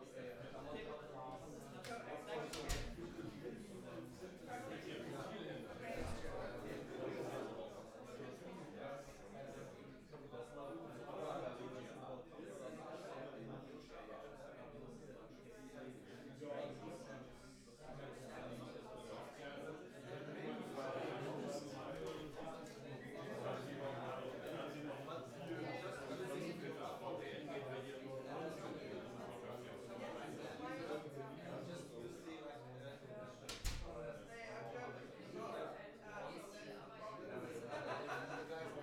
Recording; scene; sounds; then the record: everyday scene through a hearing-aid microphone; many people talking; many voices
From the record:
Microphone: behind the ear, right, front